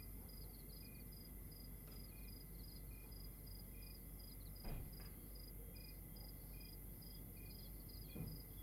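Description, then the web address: Crickets chirping in short pulses at several pitches, overlapping in a steady night chorus over low rumbling background noise, with a couple of faint clicks. Outdoors at night in Rwanda. "Monte Sound - Atmospheres of Rwanda AMB External Rwanda Night Crickets"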